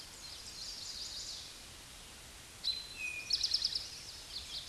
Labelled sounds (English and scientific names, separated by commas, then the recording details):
Eastern Towhee (Pipilo erythrophthalmus) song
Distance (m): 25 m
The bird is about 10 m above the microphone
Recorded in a Pennsylvania forest on 16 May 2024 at 09:53
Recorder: AudioMoth, point MSD-1035
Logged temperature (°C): 16.3 °C
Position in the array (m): 202 m, 140 m